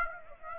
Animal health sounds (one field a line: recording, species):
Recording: mosquito wingbeat signal from an infrared sensor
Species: Aedes aegypti